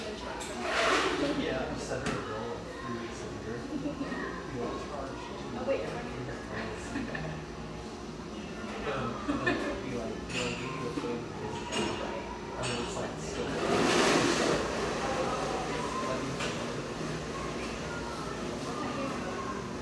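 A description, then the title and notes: Coffeehouse chatter murmurs steadily over a low hum, with clinks and clatters of cups every few seconds and a louder burst near fourteen seconds. Hazelwood, Portland, Oregon.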